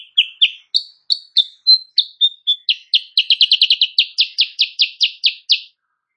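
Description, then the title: Sooty-headed bulbul song: quick series of sharp chirps, rising then settling, speeding into a fast run of many notes. Morning singing, used as a tutor for training other songbirds; said to make rival birds answer. "Masteran Kutilang Sutra. Kutilang Sutra GACOR pagi hari bikin lawannya AUTO NYAUT"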